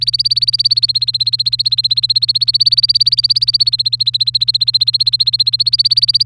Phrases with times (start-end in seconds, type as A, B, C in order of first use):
0.00-6.23 A